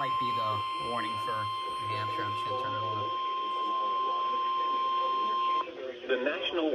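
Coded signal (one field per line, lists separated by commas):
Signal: Emergency Alert System (SAME) tones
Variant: 1050 Hz attention tone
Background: speech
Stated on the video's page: Real EAS weather alerts, including watches and warnings, received on weather radios from three NOAA Weather Radio stations.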